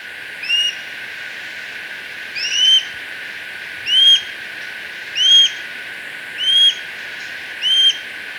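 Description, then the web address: Plain-breasted Hawk giving short upslurred squealing whistles, six in all, after a longer first gap spaced roughly every second and a quarter. Recorded in Ecuador. "Birds of Ecuador. Plain-Breasted Hawk"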